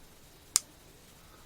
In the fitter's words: and when you bring it back down you'll hear it click okay